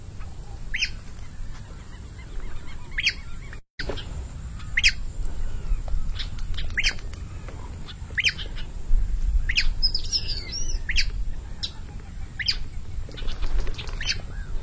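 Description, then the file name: Many-colored rush tyrant giving short, piercing ticks at irregular intervals, a quick warbled squeak after about ten seconds, against constant low background rumble. "Canto do papa piri"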